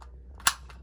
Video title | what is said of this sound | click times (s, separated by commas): Why and how? - learning to shoot | kliknął dobrze zwalniamy zamek | 0.5 s